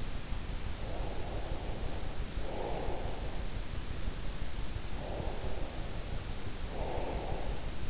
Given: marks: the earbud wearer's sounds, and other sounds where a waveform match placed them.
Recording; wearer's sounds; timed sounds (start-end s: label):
sounds in sleep by an in-ear microphone; breath
0.78-3.91 s: breath
4.71-7.90 s: breath